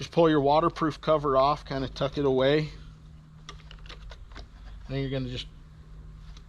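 Someone talks while the waterproof cover is pulled off the gray connector on a Harley Davidson motorcycle wiring harness, getting it ready for the CarPlay module's plastic wiring plug. Brief faint handling ticks and rustles follow, then more talking. The plug has not been pushed in and nothing has snapped or seated yet.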